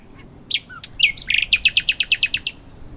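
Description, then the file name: Common nightingale song: a few varied whistled and chipping notes, then a fast rattling series of sharp, identical notes. "Luscinia megarhynchos"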